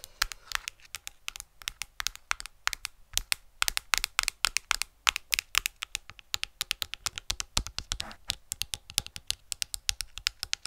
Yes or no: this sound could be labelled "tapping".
yes